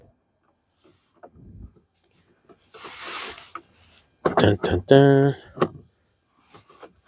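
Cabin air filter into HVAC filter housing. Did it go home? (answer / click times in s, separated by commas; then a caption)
no / none. A replacement cabin air filter with foam on it is lined up and slid into the HVAC filter housing slot of a 2017 Mazda CX-5 before the final push home. Soft handling and rubbing noises, including a hissy scrape around 3 seconds, are heard while someone talks. Nothing has seated or clicked yet.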